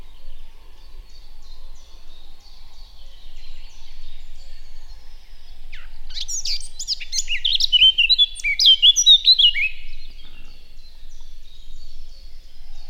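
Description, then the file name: Eurasian blackcap song: soft twittering at first, then a loud burst of fast, scratchy warbling with bright whistled notes in the second half. "Sylvia atricapilla"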